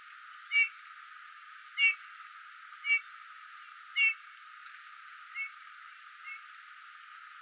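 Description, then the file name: Eurasian bullfinch giving soft, piping calls, six notes spaced about one second apart, fading toward the end, over faint background hiss. "Pyrrhula pyrrhula"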